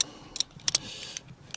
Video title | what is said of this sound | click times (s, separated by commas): Maxi Cosi Pearl Car Seat review | so then you have one solid piece which will click in | 1.5 s